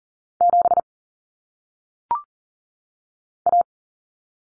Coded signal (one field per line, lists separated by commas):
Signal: Morse code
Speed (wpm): 39 wpm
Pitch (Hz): 700 Hz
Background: none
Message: 7 A